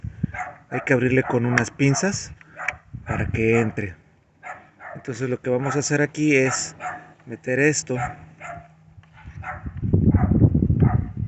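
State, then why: Seated. A small plastic retaining clip, spread open with pliers, is press-fit onto the steel pin of the convertible top latch rod on a 2007–2010 Saturn Sky. Someone talks first, then a burst of short clicks and scraping comes from the work. The clip snaps into place at 9.9 seconds and is seated.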